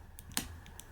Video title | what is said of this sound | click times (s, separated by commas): 【マクロスΔ 】DX超合金 Sv-262Hs ドラケンIII キース機 ヲタファの変形徹底レビュー / Macross Δ DX Chogokin SV-262Hs Draken III Keith | point pull the joint till last until the end, it sounds of a click | 0.4 s